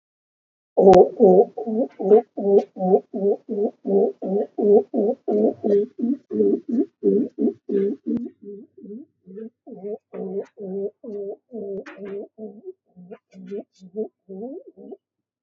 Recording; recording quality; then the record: sustained vowel as in boot; moderate, slight background noise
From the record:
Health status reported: COVID-19 positive, mild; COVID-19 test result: positive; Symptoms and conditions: sore throat, diabetes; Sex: male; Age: 70 years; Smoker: not ticked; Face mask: not worn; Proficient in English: yes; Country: India